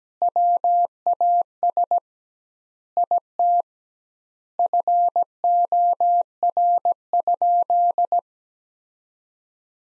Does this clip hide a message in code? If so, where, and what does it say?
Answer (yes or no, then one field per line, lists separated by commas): yes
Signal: Morse code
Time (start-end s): 0.2-8.2 s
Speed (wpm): 17 wpm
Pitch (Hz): 700 Hz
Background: none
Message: WAS IT FOR?